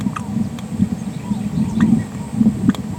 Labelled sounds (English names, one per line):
Green-rumped Parrotlet babbling